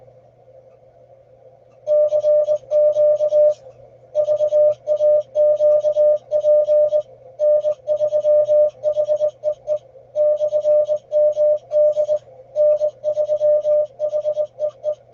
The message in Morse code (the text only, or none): CQ VAQP N3HEE /MD N3HEE